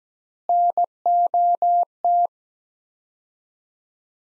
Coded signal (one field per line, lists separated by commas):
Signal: Morse code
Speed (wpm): 17 wpm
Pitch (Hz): 700 Hz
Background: none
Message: NOT